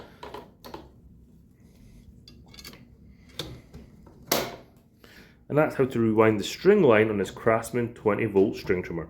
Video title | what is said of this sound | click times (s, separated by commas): How to Replace String Line on Craftsman String Trimmer | in the cap, then put the cap back on. It'll click into place. | 4.3 s